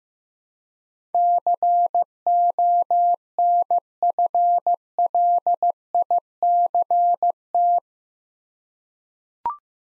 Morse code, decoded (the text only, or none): CONFLICT